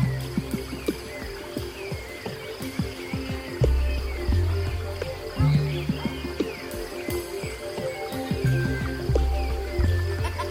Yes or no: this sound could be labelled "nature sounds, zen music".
yes